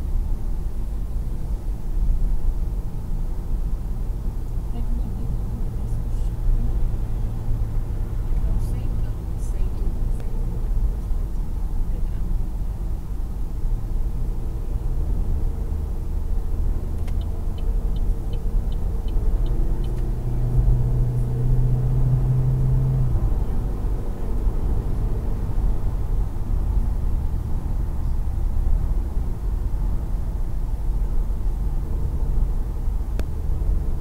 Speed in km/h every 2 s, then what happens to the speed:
67, 67, 67, 69, 71, 72, 68, 70, 74, 76, 86, 88, 92, 92, 87, 85, 85.
0-14 steady at about 68. 14-23 speeds up to 92.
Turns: none.